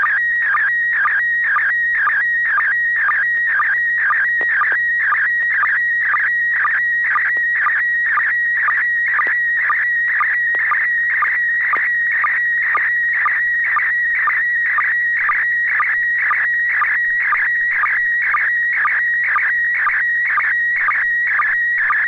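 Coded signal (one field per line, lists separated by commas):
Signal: SSTV (slow-scan television)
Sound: continuous warbling, chirping tone with a rhythmic short low blip about twice a second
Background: low steady hum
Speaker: right I'll go ahead and transmit when you're ready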